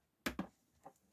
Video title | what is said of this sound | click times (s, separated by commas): VRAI Mécanique Rlaarlo xdkj-006 , changement des diffs , tourelle avant et servo . mais...😁✌️ | remet la biellette qui se clipse qui se déclipse sur des chocs | 0.3 s